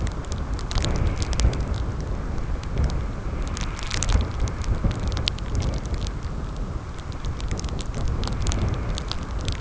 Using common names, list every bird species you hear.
none